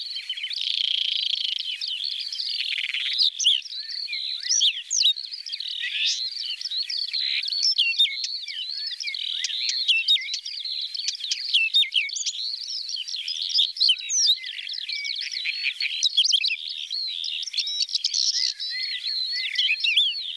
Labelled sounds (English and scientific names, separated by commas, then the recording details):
Whinchat (Saxicola rubetra) song
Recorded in the wild
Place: Waltershofen / Freiburg im Breisgau, Baden-Württemberg, DE
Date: 1977-05-20
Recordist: Schwarz, Dieter